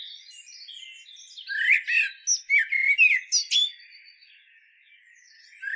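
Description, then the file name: Common blackbird song: one warbled phrase of rapid, rising and falling notes that ends in high chattering twitters, with softer notes before and after. "Turdus merula"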